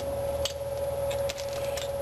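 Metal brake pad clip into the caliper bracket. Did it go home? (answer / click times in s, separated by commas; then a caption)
yes / 0.4 s. A new metal anti-rattle clip is pressed by hand into one side of the rear disc brake caliper bracket on a 2004 Chevy S-10, and it snaps in with a single sharp metallic click at 0.5 s over a steady background hum. The clip is seated.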